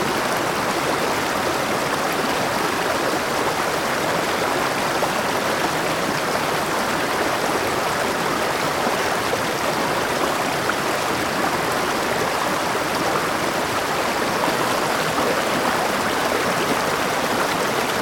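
A gentle river runs steadily with a dense, even rush and fine bright splashing, unchanging throughout, with little low rumble beneath.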